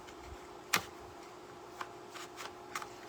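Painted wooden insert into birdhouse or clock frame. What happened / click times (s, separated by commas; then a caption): The wooden insert popped into its frame / 0.7 s. A painted wooden cat insert, freed after several failed tries from where it had caught on the pumpkin piece, is pressed into a birdhouse or clock frame. A sharp knock at 0.7 s marks it seating in the frame, followed by a few softer taps at about 1.8, 2.8 and 2.8 s over a steady low hum.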